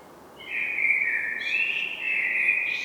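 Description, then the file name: Common blackbird song, one flowing warbled phrase that holds steady then gains a higher twittering edge, over light background hiss. "Turdus merula"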